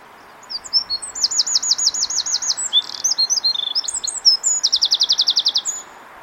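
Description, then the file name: Eurasian wren song with a steady rattling trill, then a jumble of squeaky high notes, ending in another quick buzzing trill. "Troglodytes troglodytes"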